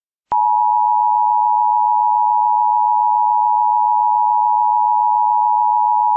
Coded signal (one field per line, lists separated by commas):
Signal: Emergency Alert System (SAME) tones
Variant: 853 and 960 Hz attention tone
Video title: EAS #26: 99.9 WEZN FM EAS Connecticut Required Monthly Test 11-1-2018